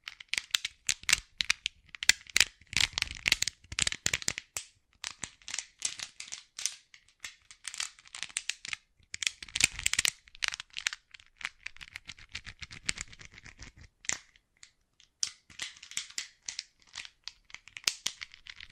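Bracelets and jewelry boxes are handled, giving a run of bright, quick clicks and light clinks that come in irregular flurries. The busiest clusters fall around three to four seconds and again near ten seconds, with brief lulls between, and a short pause near fourteen seconds.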